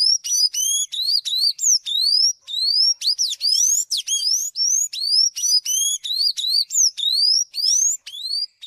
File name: sanhaco azul